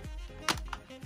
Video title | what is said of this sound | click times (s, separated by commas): How to install Windows 10 on a Chromebook + GIVEAWAY | And you should hear clicks, and you want to go around all the edges, making sure to unclip the clips. | 0.5 s, 0.7 s